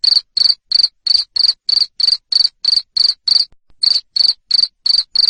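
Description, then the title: Cricket calling with loud, ringing chirps repeated about three times a second, interrupted by one brief pause before continuing. Loud cricket chirping used to stimulate lovebirds into continuous chattering song. "Suara JANGKRIK NGERIK Keras Bikin LOVEBIRD Jadi NGEKEK Terus"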